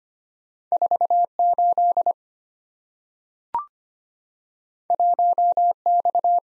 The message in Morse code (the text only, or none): 48 1X